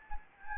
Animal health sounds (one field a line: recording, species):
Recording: mosquito wingbeat signal from an infrared sensor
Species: Anopheles gambiae